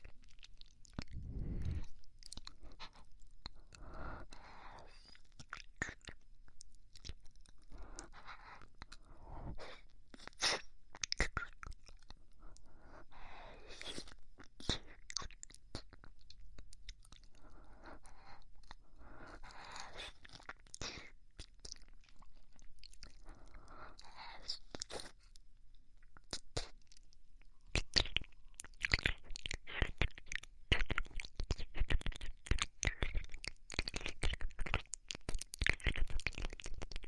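Wet mouth sounds of licking an ice pop, with sticky clicks and soft breaths, growing denser and sharper in the last ten seconds.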